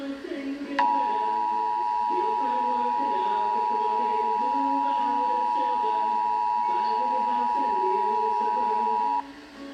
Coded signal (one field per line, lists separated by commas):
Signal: Emergency Alert System (SAME) tones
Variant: 853 and 960 Hz attention tone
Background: speech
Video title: EAS #335 Required Monthly Test